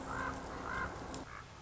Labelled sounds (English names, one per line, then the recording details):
Common Raven
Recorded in Sonoma County, California